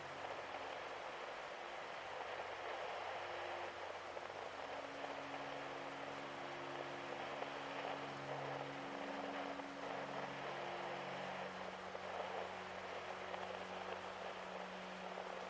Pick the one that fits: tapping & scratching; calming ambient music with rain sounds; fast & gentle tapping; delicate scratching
calming ambient music with rain sounds